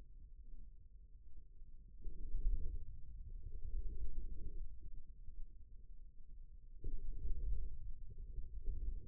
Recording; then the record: forearm muscle sounds (acoustic myography)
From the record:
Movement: inward rotation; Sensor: system 2, bracelet of six BSWA MPA416 microphones around the upper forearm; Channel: 3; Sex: male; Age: 22 years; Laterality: right